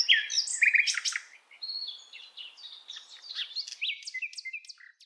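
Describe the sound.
Bird song: varied slurred whistles and short chirps in a loose, uneven stream with brief gaps.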